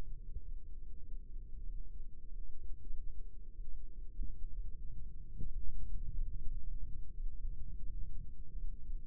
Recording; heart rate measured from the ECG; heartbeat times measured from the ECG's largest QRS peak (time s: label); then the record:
heart sounds by microphone in the right ear; 96 bpm
0.42 s: heartbeat
1.05 s: heartbeat
1.65 s: heartbeat
2.25 s: heartbeat
2.87 s: heartbeat
3.49 s: heartbeat
4.10 s: heartbeat
4.68 s: heartbeat
5.26 s: heartbeat
5.87 s: heartbeat
6.47 s: heartbeat
7.12 s: heartbeat
7.83 s: heartbeat
8.58 s: heartbeat
From the record:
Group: healthy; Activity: cold pressor test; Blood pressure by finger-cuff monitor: 104/68 mmHg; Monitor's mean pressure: 81 mmHg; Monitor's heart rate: 98 bpm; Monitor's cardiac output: 6.6 L/min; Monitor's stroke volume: 67 mL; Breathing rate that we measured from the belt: 24 breaths a minute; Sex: male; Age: 22 years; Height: 181 cm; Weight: 60 kg